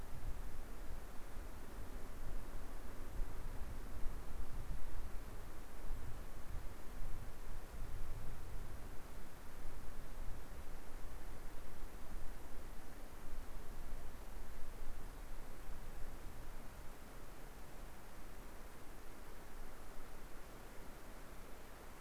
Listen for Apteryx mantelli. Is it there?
no